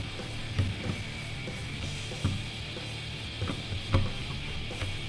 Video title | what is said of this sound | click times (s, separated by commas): VFC 417 Review and Shooting Test - Airsoft HK417 EpicAirsoftHD | It locks into place, that's going nowhere, it's got a nice | 3.9 s